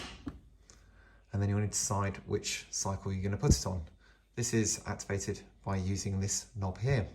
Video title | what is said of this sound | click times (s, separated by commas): Arden House - How to use the Candy washer - dryer | You then shut the door till you hear it click. | 0.7 s